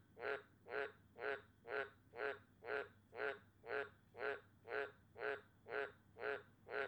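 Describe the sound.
Cane toad calling in a steady series of harsh, pulsed croaks at about two per second, very regular in rhythm, with a soft constant hum behind.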